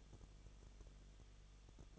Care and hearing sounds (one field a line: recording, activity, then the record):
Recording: daily activity, microphone in the room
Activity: no activity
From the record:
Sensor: 4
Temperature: 23.0 degrees Celsius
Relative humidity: 34.2%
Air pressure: 1007.3 hPa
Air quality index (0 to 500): 218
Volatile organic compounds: 16 ppm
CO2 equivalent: 2522 ppm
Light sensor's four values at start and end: 2/3/1/1 and 2/3/1/1